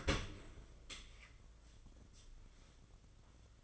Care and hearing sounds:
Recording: daily activity, microphone in the room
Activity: open dishwasher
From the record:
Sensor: 4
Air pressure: 995.2 hPa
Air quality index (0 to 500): 213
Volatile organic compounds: 241 ppm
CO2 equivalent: 4338 ppm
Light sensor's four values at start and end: 38/118/44/50 and 38/118/44/50

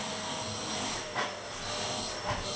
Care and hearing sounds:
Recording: daily activity, microphone in the room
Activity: vacuum cleaning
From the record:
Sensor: 4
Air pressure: 1010.4 hPa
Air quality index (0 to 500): 179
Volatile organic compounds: 5 ppm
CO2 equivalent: 1813 ppm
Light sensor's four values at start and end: 33/97/38/38 and 33/96/38/38

